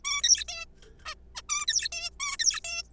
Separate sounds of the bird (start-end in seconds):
0.05-0.23, 0.23-0.44, 0.48-0.65, 1.06-1.15, 1.35-1.42, 1.49-1.65, 1.68-1.89, 1.92-2.10, 2.20-2.37, 2.39-2.60, 2.65-2.82